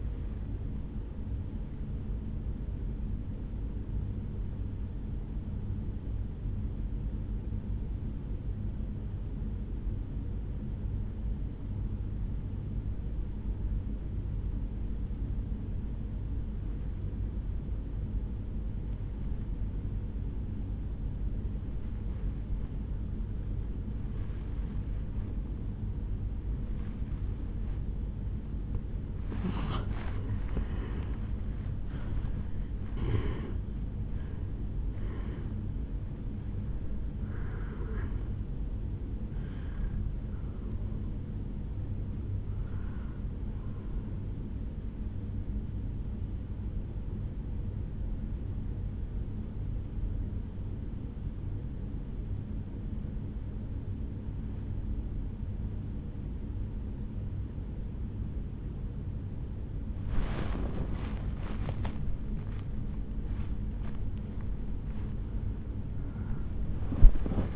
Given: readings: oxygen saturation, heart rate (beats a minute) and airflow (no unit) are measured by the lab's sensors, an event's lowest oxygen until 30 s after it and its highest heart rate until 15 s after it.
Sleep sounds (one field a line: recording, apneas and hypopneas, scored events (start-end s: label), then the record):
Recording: breathing in sleep by a smartphone at the bedside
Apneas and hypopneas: 2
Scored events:
3.00-29.20 s: obstructive apnea (N1, oxygen 97% highest, then 86% lowest, heart rate 52 at the start, 75 highest)
11.00-41.00 s: new sleep stage, N2 (light sleep)
41.00-67.56 s: new sleep stage, N1 (lightest sleep)
50.00-62.90 s: obstructive apnea (N1, oxygen 97% highest, then 94% lowest, heart rate 52 at the start, 72 highest)
From the record:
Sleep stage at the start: N1 (lightest sleep)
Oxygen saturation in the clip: 81 to 98%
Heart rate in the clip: 50 to 75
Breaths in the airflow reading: 7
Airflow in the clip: -9.8 to 9.4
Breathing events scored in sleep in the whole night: 449 in 7.0 hours asleep